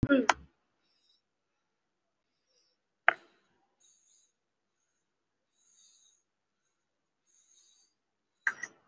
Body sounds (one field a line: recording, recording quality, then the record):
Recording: deep breathing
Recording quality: excellent, no background noise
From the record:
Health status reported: respiratory illness, not identified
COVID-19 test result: not tested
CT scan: not taken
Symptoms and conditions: cough, cold, breathing difficulty, asthma, chronic lung disease, hypertension, diabetes, ischaemic heart disease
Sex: male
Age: 54 years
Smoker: yes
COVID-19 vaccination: one dose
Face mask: worn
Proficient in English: no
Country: India